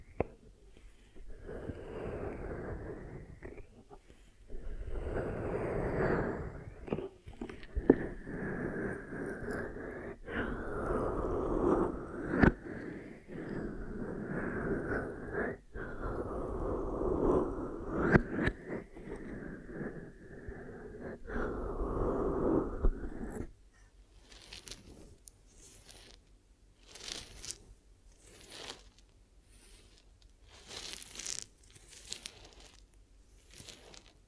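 Ear massage and cleaning sounds: for the first twenty-three seconds a dense, muffled rubbing and rustling, low and full, with brief dips and pauses. After that the sound turns thin and sparse, with short bright crinkly scratches repeating every second or so.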